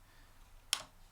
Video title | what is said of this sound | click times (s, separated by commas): Zhiyun Crane 3S - Unboxing & First Impressions | will kind of snap into place when it's in position and then you can go ahead and really | 0.7 s